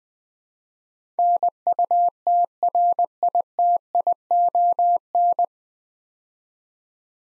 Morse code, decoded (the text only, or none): NUTRITION